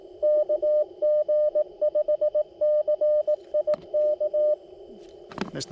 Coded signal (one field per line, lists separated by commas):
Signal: Morse code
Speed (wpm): 20 wpm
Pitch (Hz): 590 Hz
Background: speech, radio noise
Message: KG5CIK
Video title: People Suck! CW POTA at US-5221